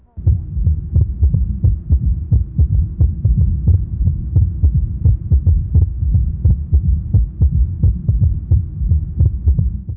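Repeated low, dull thumps of heart sounds at about 87 a minute, heard through a stethoscope over a steady low hum. The beats keep a fairly regular pace throughout; no specific finding is identified.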